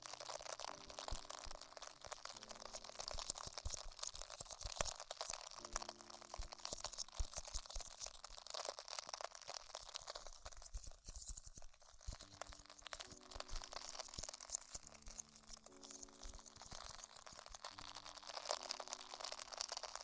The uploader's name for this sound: Extremely Tingly Ear Exploration